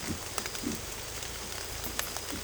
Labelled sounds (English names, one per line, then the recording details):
none
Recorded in secondary vegetation near Puerto Asís, Putumayo, Colombia, on 16 December 2024 at 02:30
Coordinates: 0.468, -76.324
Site G095